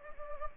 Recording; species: mosquito wingbeat signal from an infrared sensor; Anopheles gambiae